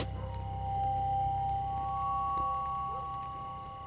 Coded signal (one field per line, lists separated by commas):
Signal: ZX Spectrum tape loading